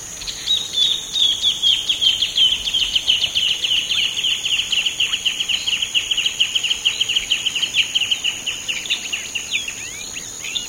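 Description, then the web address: Bird song: a long, fast run of short, sharp notes, steady and slightly falling, over a constant high insect-like buzz. "cantos espigrande"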